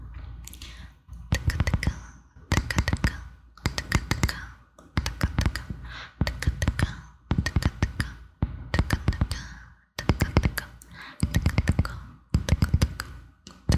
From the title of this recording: Mouth Sounds, Mic Scratching, Wood Tapping